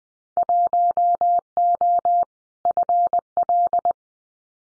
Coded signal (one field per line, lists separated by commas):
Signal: Morse code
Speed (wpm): 20 wpm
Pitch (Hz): 700 Hz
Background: none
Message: 1O FL